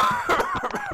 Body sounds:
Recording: coughing mixed with background sound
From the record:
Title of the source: Heavy cold and sore throat coughing.

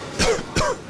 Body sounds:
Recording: coughing mixed with background sound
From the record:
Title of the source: Coughing 51

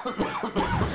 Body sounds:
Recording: coughing mixed with background sound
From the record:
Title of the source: Spring Allergy Coughing

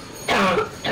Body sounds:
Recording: coughing mixed with background sound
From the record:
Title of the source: Barking cough - # 10

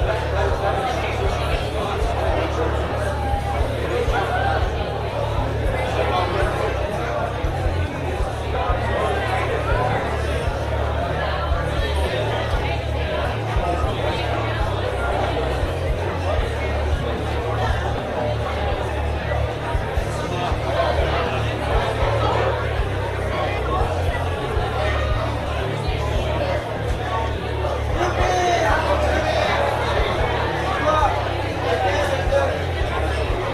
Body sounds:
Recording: background sound without coughing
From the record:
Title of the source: CITY SOUNDS Busy Bar in the Evening Night - 2 HOURS of Ambiance for Relaxation

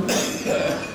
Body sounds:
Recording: coughing mixed with background sound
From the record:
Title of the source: Spring Cold Coughing 3

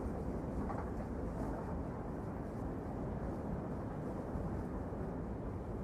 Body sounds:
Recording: background sound without coughing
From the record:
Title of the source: Train Ride Ambience ambient white noise for sleeping, focus, studying, reading

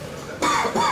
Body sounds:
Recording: coughing mixed with background sound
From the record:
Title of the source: Spring Cold Coughing 2

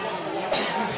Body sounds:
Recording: coughing mixed with background sound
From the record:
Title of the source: Mid-morning Winter Coughing Fit

